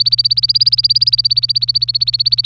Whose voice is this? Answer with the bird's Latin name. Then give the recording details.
Serinus canaria. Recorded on 25 April 2018 at 08:47. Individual llb3